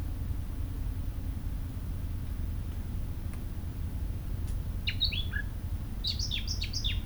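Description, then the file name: Eurasian blackcap, two short bursts of song near the end, a few quick descending whistled notes each, after several seconds of low rumbling noise. "Sylvia atricapilla"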